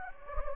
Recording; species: mosquito wingbeat signal from an infrared sensor; Anopheles gambiae